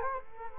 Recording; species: mosquito wingbeat signal from an infrared sensor; Culex quinquefasciatus